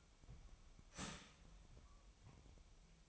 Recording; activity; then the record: daily activity, microphone in the room; start toaster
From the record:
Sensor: 1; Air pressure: 1002.0 hPa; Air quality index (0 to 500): 240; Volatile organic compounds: 45 ppm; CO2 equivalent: 3220 ppm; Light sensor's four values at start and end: 10/35/12/14 and 10/35/12/14